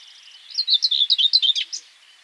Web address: gray white throated warbler bird call